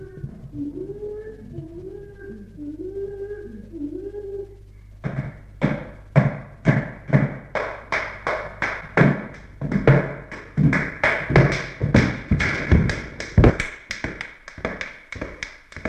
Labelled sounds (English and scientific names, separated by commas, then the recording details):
Chimpanzee (Pan troglodytes)
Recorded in captivity
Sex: female
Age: adult
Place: Tierpark Berlin, Berlin, DE
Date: 1961-01-11
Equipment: Smaragd
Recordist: Korde and Stein